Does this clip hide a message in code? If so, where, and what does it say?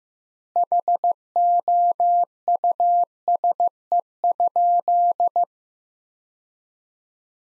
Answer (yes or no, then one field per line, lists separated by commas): yes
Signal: Morse code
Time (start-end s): 0.6-5.4 s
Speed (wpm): 15 wpm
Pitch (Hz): 700 Hz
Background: none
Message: HOUSE?